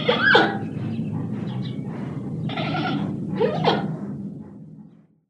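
Panda giving goat-like bleats, two loud harmonic bleats at the start and near the end with softer calls between, over a low steady rumble.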